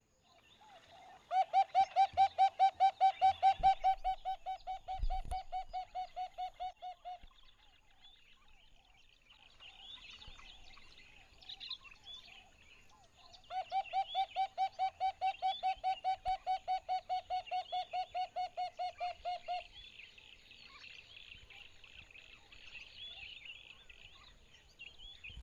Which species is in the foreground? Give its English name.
Red-fronted Barbet